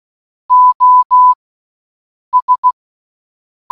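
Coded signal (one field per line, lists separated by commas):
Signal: Morse code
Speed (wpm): 16 wpm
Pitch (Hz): 1000 Hz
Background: none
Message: O S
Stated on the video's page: SOS sent in Morse code for one hour.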